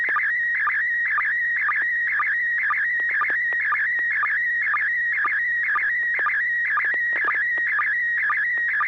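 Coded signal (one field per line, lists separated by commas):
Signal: SSTV (slow-scan television)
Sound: steady warbling whistle near 1.9 kHz with rhythmic lower blips and chirps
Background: low hum, FM radio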